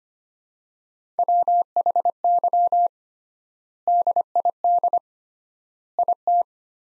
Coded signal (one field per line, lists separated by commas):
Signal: Morse code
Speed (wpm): 25 wpm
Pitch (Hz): 700 Hz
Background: none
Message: WHY DID IT